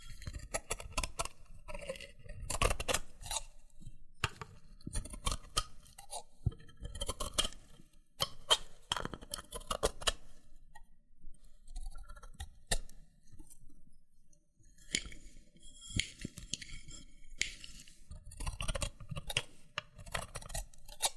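Loofah being handled with dense, irregular crackling, peeling and sharp popping clicks, bursts clustering around three, eight to ten and sixteen seconds.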